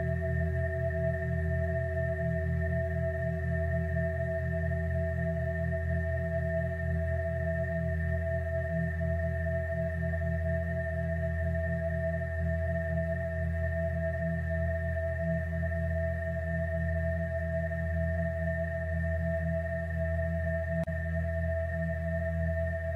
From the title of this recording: Angel Tuning Fork - Frequency (528Hz & 963Hz) & Perfect Frequency (432Hz)